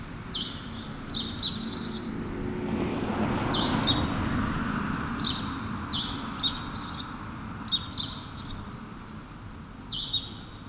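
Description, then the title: Sparrow chirps in quick bursts, pausing briefly as a passing vehicle swells, then resuming. Sparrows on Rue Keyenveld, Ixelles, Brussels, Belgium, an urban street with cars and people passing; recorded with a Lom Usi Pro AB microphone pair into a Zoom F6. "Rue Keyenveld, Ixelles, Bruxelles-Capitale, Belgique - Sparrows - moineaux"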